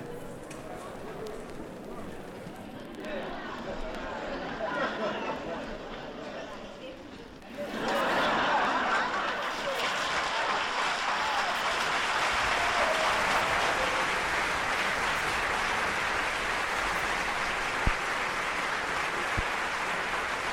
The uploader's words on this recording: Laughter in Theatre/Applause in Theatre (1935 Columbia), 78 RPM UK disc.